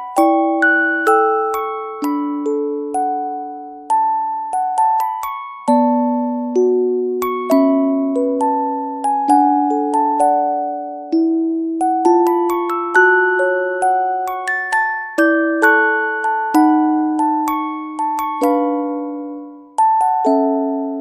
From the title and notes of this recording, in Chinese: 睡眠八音盒。